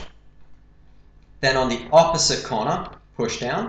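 A plastic push pin on the opposite corner of a stock CPU cooler is being handled for pressing down into its motherboard hole while someone talks. Only faint, low-level noise is heard between the speech. Nothing has seated or clicked yet.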